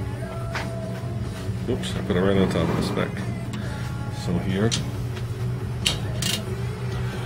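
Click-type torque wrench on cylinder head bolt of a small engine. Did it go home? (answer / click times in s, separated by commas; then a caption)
yes / 5.9 s. A click-type torque wrench tightens a head bolt on the cylinder head of a 5 hp Briggs small engine during a head gasket install, while someone talks. The wrench gives a sharp click at 5.9 s, showing the bolt has reached the set torque, and tightening should stop at that click.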